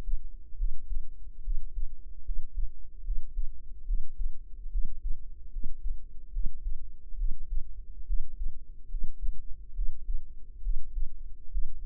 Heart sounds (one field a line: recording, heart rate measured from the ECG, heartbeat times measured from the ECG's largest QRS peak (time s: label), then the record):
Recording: heart sounds by microphone in the right ear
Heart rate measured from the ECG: 71 bpm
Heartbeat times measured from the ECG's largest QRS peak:
0.55 s: heartbeat
1.41 s: heartbeat
2.23 s: heartbeat
3.02 s: heartbeat
3.84 s: heartbeat
4.69 s: heartbeat
5.50 s: heartbeat
6.30 s: heartbeat
7.15 s: heartbeat
8.04 s: heartbeat
8.88 s: heartbeat
9.73 s: heartbeat
10.60 s: heartbeat
11.49 s: heartbeat
From the record:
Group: healthy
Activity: rest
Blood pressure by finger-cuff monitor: 100/66 mmHg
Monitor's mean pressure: 76 mmHg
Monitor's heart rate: 71 bpm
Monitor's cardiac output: 5.6 L/min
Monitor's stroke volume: 78 mL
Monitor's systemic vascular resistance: 980 dyn s/cm5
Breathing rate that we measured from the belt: 18 breaths a minute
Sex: female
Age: 22 years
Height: 160 cm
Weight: 45 kg